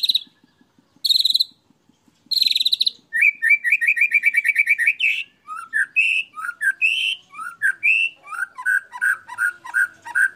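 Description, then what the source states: Canary song: short buzzy chirps, then a quick run of trilled notes and varied whistled phrases, rapid and bright throughout. Long-duration canary song, used as a complete bird master (tutor) song.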